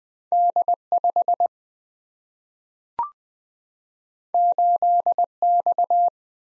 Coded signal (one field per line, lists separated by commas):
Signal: Morse code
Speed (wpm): 20 wpm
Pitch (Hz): 700 Hz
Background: none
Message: D5 8X